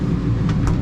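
The travel lock on a Jayco camper's refrigerator door is handled as the fridge door is closed, with two short, light knocks near 0.5 and 0.7 s over a steady low rumble. The lock has not clicked shut yet.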